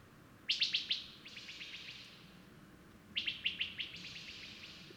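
Bird song: two quick bursts of sharp, high chirps, each a fast run of several notes fading away, with a pause between them.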